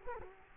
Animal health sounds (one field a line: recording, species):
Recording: mosquito wingbeat signal from an infrared sensor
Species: Culex quinquefasciatus